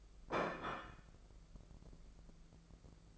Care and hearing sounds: daily activity, microphone in the room; place plate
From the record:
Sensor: 5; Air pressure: 1015.2 hPa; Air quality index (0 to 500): 207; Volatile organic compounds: 11 ppm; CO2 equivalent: 2267 ppm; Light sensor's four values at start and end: 76/179/76/83 and 76/179/76/83

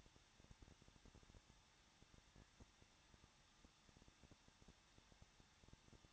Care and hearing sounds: daily activity, microphone in the room; no activity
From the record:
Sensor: 3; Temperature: 21.2 degrees Celsius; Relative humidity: 36.2%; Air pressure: 1006.4 hPa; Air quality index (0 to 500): 221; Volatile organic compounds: 40 ppm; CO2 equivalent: 3146 ppm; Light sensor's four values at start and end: 2/3/2/2 and 2/3/2/2

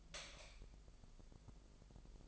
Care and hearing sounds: daily activity, microphone in the room; light off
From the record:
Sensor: 5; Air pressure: 995.5 hPa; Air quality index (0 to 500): 94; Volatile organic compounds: 5 ppm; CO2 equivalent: 1774 ppm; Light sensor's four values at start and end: 36/86/35/35 and 35/81/33/33

